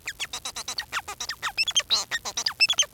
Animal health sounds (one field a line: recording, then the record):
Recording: song of a male Bengalese finch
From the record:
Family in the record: son of father 4